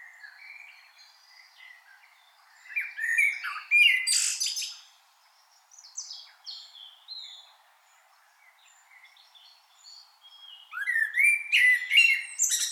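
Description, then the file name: Common blackbird singing two loud phrases, each a low warble rising into shrill high twitters, separated by quieter bird chatter in the background. "Turdus merula"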